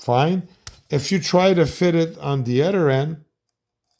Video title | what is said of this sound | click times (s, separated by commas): UL 9051 no 2 Instructions Frequency generator ENGLISH 16min52sec | it's loose. It doesn't snap. | none